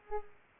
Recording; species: mosquito wingbeat signal from an infrared sensor; Culex pipiens